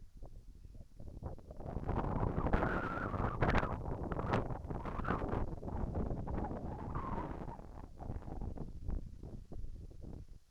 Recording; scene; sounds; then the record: everyday scene through a hearing-aid microphone; wind on the microphone; wind, whistling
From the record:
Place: in front of a rural house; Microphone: behind the ear, right, rear